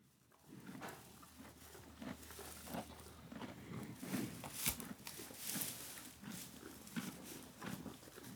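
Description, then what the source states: Horse feeding, with steady crunching and grinding chews and occasional sharper crackles throughout. Horse recorded while feeding.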